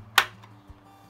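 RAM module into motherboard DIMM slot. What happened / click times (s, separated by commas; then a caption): The memory module latched into its slot / 0.2 s. A desktop RAM module is pushed down into the DIMM slot of an HP Pavilion Gaming Desktop 690-0010 motherboard until the retention clips snap shut. A sharp, bright click sounds at 0.2 s, followed by a faint tick and low hum. Hearing the click means the module is seated and installed.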